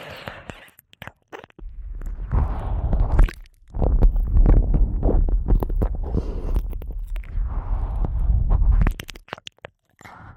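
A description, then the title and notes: Close, wet mouth sounds of ear eating fill the clip, with squishy crunching and biting clicks. Dense sticky smacks run nearly continuously from about two to nine seconds, with a brief pause near three and a half seconds, framed by sparser clicks at the start and end. ASMR Intense Ear Eating.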